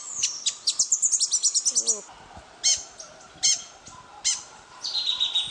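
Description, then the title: Rufous-headed tanager giving a quick run of high chips, then spaced single sharp notes and a thin high phrase, over a steady background hum. "LuckyPassaro Completos2Sama. Rufous-headed Tanager (Hemithraupis ruficapilla)"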